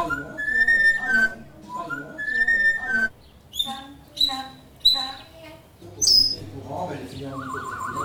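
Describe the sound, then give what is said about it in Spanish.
A pet parrot named Coco whistles a bright, melodic phrase twice in a row during a Friday-night Shabbat celebration with a small glass of port, then breaks into shorter chirpy, voice-like bursts and a sharp high squeak, fairly loud and with no other sound around it. “Celebran el Shabbat cada noche de viernes con una pequeña copa de Oporto y su perico Coco, después de unos sorbos, el perico comienza a silbar.”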